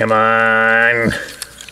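Someone talks in a strained, drawn-out voice while working a plastic panel into a Transformers Legacy Menasor transforming robot figure, followed by a few faint plastic ticks of handling. Nothing has seated or clicked yet.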